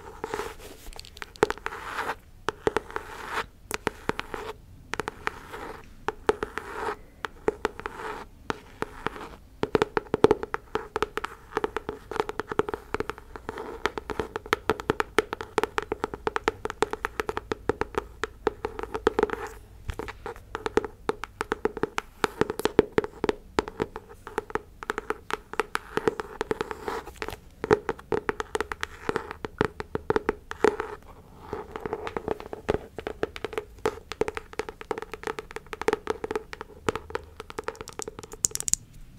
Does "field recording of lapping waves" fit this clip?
no